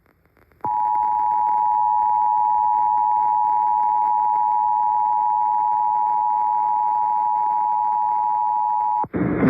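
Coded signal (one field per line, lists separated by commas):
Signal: Emergency Alert System (SAME) tones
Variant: 853 and 960 Hz attention tone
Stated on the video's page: Severe thunderstorm warning on 98.7 FM; the station's signal was interrupted mid-alert, possibly by a power outage.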